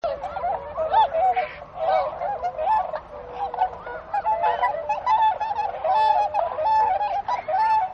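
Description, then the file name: Tundra swan flock calling continuously, a dense chorus of overlapping honks and bugled notes with frequent louder, rising and falling calls. "kohaku"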